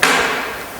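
On a vertical mill, with one lever pushed forward and the other back, the spindle is turned by hand until the spindle drive gear drops into mesh with the high-range gear train. A sharp click at 0.0 s is followed by a bright ringing tail that fades over the rest of the clip. The gears are seated, and the motor is engaged and ready to run.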